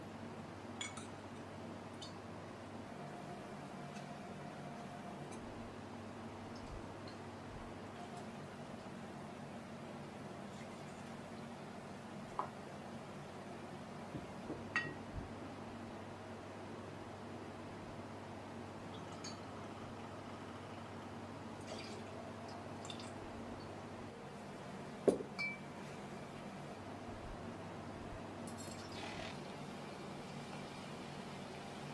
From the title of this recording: Bartender Sounds